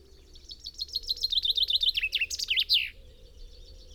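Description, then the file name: Common chaffinch song: a bright, fast series of repeated notes ending in an emphatic flourish, the phrase lasting about two and a half seconds. "Fringilla coelebs"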